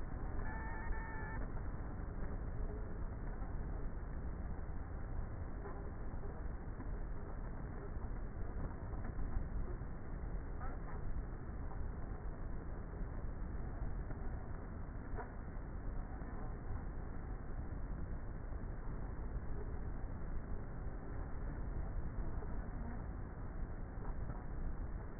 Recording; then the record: honeybee colony, microphone inside the hive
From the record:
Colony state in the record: queenless with a low population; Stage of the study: before two queens were removed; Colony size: about 30,000 bees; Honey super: no